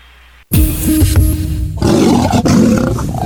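After a brief hush, a lion lets out a loud, deep, rumbling roar that stays powerful and rough-textured for about three seconds, with no talking over it.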